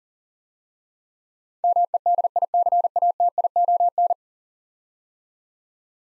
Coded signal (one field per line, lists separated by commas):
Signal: Morse code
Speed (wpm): 38 wpm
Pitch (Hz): 700 Hz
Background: none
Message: MEDICATION